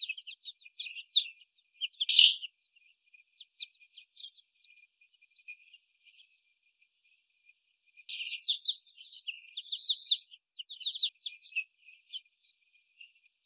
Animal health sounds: young laying hens in a cage, short pieces joined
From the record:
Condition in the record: before the stressor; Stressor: sudden umbrella opening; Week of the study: 3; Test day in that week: 2

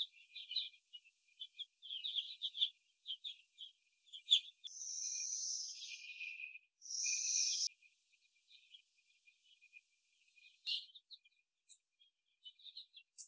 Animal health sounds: young laying hens in a cage, short pieces joined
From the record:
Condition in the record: after the stressor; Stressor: simulated dog barking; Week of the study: 1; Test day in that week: 2

